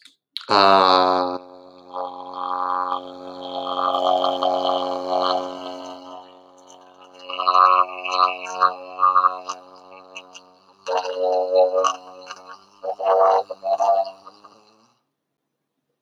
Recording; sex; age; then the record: vowel held as long as possible; male; 30 to 39 years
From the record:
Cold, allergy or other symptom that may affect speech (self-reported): no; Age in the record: 30 years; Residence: Texas, United States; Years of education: 16